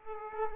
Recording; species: mosquito wingbeat signal from an infrared sensor; Aedes aegypti